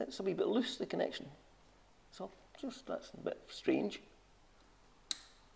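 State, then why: Seated. On a Royal Enfield Classic 350 motorcycle, a loose oxygen sensor plug is pushed together by hand into its wiring harness connector under the fuel tank. Someone talks, then a single sharp click is heard at 5.1 seconds as the connector seats back into place.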